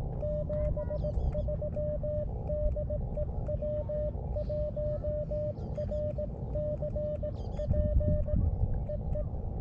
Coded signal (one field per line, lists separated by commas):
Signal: Morse code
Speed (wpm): 18 wpm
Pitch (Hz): 600 Hz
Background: none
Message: 73 DE W1RCP EE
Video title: Stone Mountain Georgia #SOTA & #POTA w/ Elecraft KX2 and MFJ-1898 #hamRadio #CW #SSB